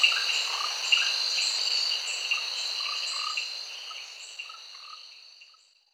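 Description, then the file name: Orange-bellied tree frog giving short, low chirping notes at irregular intervals over a steady, high insect chorus that fades out toward the end. "Rhacophorus aurantiventris"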